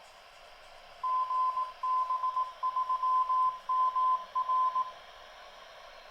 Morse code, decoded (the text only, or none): GB3MR